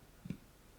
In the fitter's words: there there was a little bit of a click there and that means the screw is back in its original thread